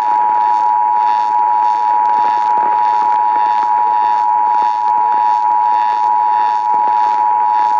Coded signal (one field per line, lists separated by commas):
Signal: Emergency Alert System (SAME) tones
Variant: 853 and 960 Hz attention tone